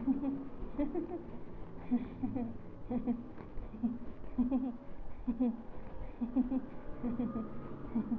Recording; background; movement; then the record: laughter; traffic; walking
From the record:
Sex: female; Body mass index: 22.6 kg/m2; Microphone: on the chest, facing the body